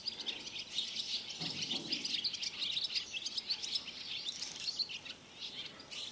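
Barn swallow calls: a busy mass of high, sharp chirps and twitters overlapping steadily, with a brief lower rustle early on.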